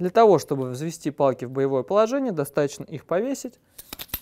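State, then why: Not seated. Someone talks while handling a Scott Trail folding running pole, its three aluminium sections being pulled taut toward the locking joint. After the talking stops, a few short, sharp handling taps come near 3.9, 4.0 and 4.1 seconds. The clip ends before the section goes home, so nothing has seated or clicked yet.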